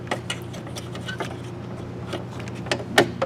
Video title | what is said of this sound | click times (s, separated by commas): Replacing Door Handle / 98 Chevy GMT-400 | Once you get that clicked in there, | 3.0 s